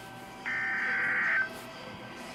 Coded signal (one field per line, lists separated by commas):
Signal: Emergency Alert System (SAME) tones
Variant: header bursts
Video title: EAS Alert #364 (Tornado Warning)